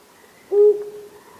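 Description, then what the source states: Flammulated owl giving a single short, low hoot, followed by a faint trailing tone over quiet background hiss. Flammulated owl of North America, preferring open pine woods.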